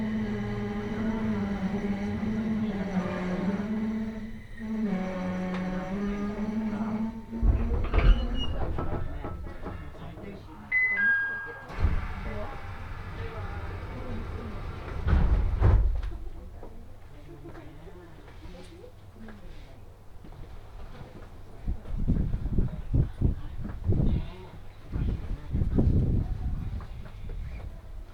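Riding the Tohoku Main Line, a steady motor whine fades out, then clunks, a brief two-note chime, murmured voices and low rumbling bursts follow.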